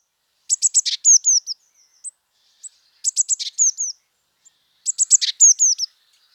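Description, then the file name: Eurasian blue tit repeating a high chattering phrase three times, quick clicking notes running into descending slurred whistles, with a few faint single notes in the gaps. "Cyanistes caeruleus"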